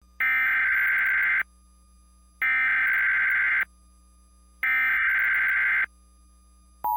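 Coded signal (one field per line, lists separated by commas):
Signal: Emergency Alert System (SAME) tones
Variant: header bursts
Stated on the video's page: Mock EAS Blue Alert for entertainment, not real; may contain valid EAS tones.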